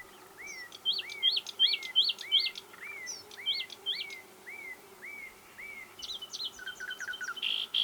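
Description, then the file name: Common nightingale singing: about a dozen upslurred whistles repeated steadily every 0.4 second, followed by a buzzy, rattling run of harsher notes. "Luscinia megarhynchos"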